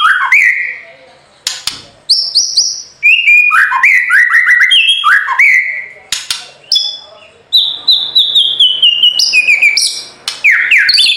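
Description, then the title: White-rumped shama song: a fast, varied medley of slurred whistles, descending series and loud harsh bursts, with only brief pauses. Training (masteran) recording for songbirds: full rolling (ngerol) song in a forceful "nembak" style. "Masteran Murai Batu Full Ngerol Nembak"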